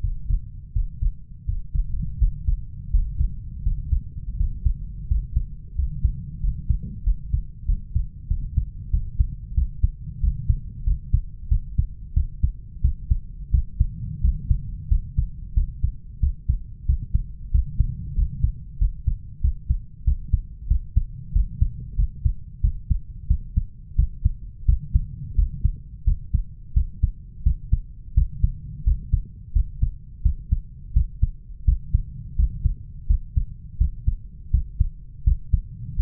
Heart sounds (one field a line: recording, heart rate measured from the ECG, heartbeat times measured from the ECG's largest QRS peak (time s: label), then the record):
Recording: heart sounds by stethoscope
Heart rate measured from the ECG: 88 bpm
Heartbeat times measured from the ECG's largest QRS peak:
0.03 s: heartbeat
0.75 s: heartbeat
1.47 s: heartbeat
2.20 s: heartbeat
2.92 s: heartbeat
3.65 s: heartbeat
4.39 s: heartbeat
5.09 s: heartbeat
5.77 s: heartbeat
6.43 s: heartbeat
7.06 s: heartbeat
7.68 s: heartbeat
8.30 s: heartbeat
8.93 s: heartbeat
9.56 s: heartbeat
10.23 s: heartbeat
10.86 s: heartbeat
11.51 s: heartbeat
12.16 s: heartbeat
12.84 s: heartbeat
13.53 s: heartbeat
14.23 s: heartbeat
14.91 s: heartbeat
15.56 s: heartbeat
16.22 s: heartbeat
16.88 s: heartbeat
17.53 s: heartbeat
18.17 s: heartbeat
18.80 s: heartbeat
19.43 s: heartbeat
20.06 s: heartbeat
20.70 s: heartbeat
21.35 s: heartbeat
21.98 s: heartbeat
22.63 s: heartbeat
23.30 s: heartbeat
23.98 s: heartbeat
24.68 s: heartbeat
25.38 s: heartbeat
26.07 s: heartbeat
26.76 s: heartbeat
27.45 s: heartbeat
28.16 s: heartbeat
28.86 s: heartbeat
29.55 s: heartbeat
30.25 s: heartbeat
30.95 s: heartbeat
31.67 s: heartbeat
32.38 s: heartbeat
33.09 s: heartbeat
33.80 s: heartbeat
34.53 s: heartbeat
35.26 s: heartbeat
35.98 s: heartbeat
From the record:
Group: healthy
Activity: rest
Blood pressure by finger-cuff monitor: 139/86 mmHg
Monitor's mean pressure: 102 mmHg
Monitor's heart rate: 87 bpm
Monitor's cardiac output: 7.2 L/min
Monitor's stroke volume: 82 mL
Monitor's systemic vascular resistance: 1080 dyn s/cm5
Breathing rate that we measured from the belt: 16 breaths a minute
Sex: male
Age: 21 years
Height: 175 cm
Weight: 72.6 kg